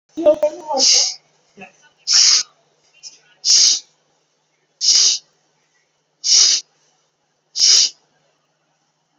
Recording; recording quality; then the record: shallow breathing; excellent, no background noise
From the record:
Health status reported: COVID-19 positive, moderate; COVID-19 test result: positive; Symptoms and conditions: cough, breathing difficulty, sore throat, fever, fatigue, muscle pain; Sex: male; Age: 43 years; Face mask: not worn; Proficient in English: yes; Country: India